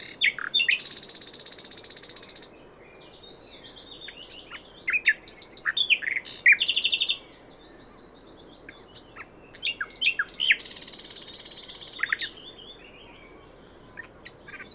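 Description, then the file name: Common nightingale singing varied phrases: harsh buzzy bursts, slurred whistles and quick chirps, with short pauses between phrases and quiet background hiss. "Luscinia megarhynchos"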